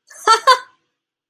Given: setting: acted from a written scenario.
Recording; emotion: vocal sound without words; amusement